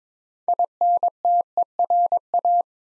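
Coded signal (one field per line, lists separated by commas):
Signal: Morse code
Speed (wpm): 22 wpm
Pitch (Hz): 700 Hz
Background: none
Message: INTERA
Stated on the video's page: Morse practice set at 22 wpm building 8-letter words two letters at a time, for ICR training.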